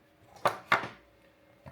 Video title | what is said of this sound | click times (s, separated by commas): BitAxe Gamma 601 Solo Crypto Mining | Put it in, turn it, you'll hear the click, it's on securely. | 0.5 s, 0.7 s